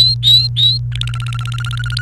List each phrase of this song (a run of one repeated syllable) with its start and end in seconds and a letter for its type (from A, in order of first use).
0.00-0.78 A, 0.92-2.02 B